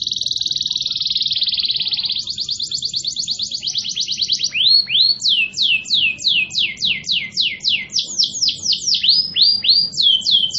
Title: Kenari Gacor